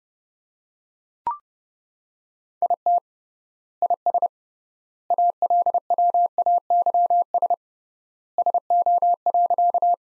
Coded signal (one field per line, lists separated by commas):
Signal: Morse code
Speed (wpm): 32 wpm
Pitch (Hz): 700 Hz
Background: none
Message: IT IS ALWAYS SO.